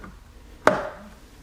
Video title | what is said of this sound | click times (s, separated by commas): Honda Rancher Headlight Replacement | all right so there we go we got it on everything snapped in place | 0.7 s